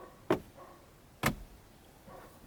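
After the cabin air filter cover is refitted in a Toyota, the plastic glove box is pushed back into the car dashboard until its side stops snap in. Two sharp snaps are heard at 0.3 s and 1.3 s against quiet background noise, and the glove box is seated back in place.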